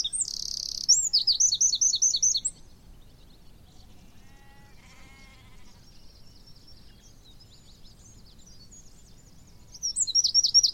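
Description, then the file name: Eurasian wren song: a loud, high burst of rapid notes and a steady buzzy trill for about two and a half seconds, then near silence with faint chirps before the song resumes. "Troglodytes troglodytes"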